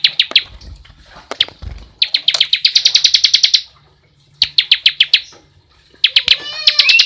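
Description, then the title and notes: Bar-winged prinia giving short, rapid runs of piercing repeated notes with brief silences between bursts, plus a faint low rumble early on. Continuous rapid 'ngebren' song style, used as a tutor recording for training white-rumped shamas. "Ciblek Ngebren Untuk Masteran Murai Batu. Suara Nada"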